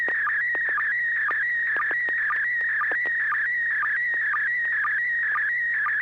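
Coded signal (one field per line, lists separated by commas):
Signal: SSTV (slow-scan television)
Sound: warbling tone around 2 kHz, with short low blips about every half second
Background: low mains hum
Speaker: at least one building maybe two side by side with two different uh uh geez i can't name the architecture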